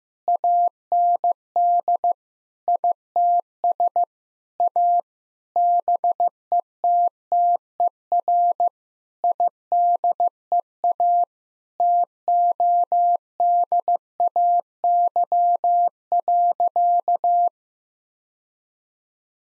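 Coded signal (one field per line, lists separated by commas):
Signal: Morse code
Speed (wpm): 15 wpm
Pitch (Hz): 700 Hz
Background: none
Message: AND ITS A BETTER IDEA TODAY.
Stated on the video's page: Morse head-copy practice of sentences built from the top 1000 words at 15 wpm, each sent, then spoken, then sent again.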